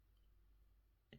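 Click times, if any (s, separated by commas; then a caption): 1.1 s. A second plastic weapon for a KUROFONE HG High Grade 1/144 RX-79G EZ8 Gundam model kit is set on its hinged storage mount, which hinges down and locks into place. After about a second of quiet low hum, a single small, sharp click sounds at 1.1 s as the mount locks and the weapon is seated.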